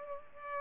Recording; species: mosquito wingbeat signal from an infrared sensor; Culex pipiens